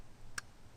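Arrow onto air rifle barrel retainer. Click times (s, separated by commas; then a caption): 0.4 s. An arrow is slid onto the barrel of a Hatsan Hydra QE .30 cal air rifle and pushed back into the retaining catch, giving a single sharp, brief click at 0.4 s over a low steady hum. The arrow is seated on the barrel retainer.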